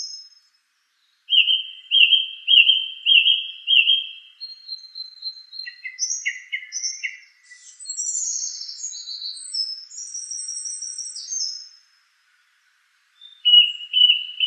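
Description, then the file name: Song thrush song: a clear note repeated about five times, then varied chirps and high trills, a pause, and another repeated phrase. "suara-kicauan-burung-song-thrush 7-omkicau"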